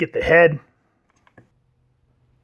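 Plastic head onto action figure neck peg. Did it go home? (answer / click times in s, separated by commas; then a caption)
yes / 1.3 s, 1.4 s. Someone talks briefly, then a warmed-up plastic head is pressed onto the neck peg of a Marvel Legends Strong Guy build-a-figure action figure. Faint clicks at 1.3 s and 1.4 s mark the head popping on, and it is seated.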